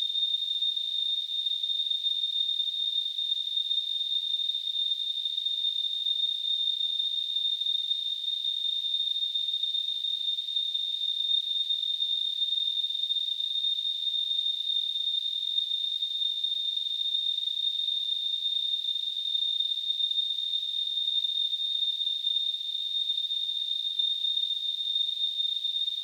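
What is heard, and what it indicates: A steady, piercing high-pitched whistle, roughly 3.7 kHz, sits over a faint airy hiss without a break for 26 seconds. It is a simulated tinnitus sound from gtl.org, imitating the constant ringing a person with tinnitus hears.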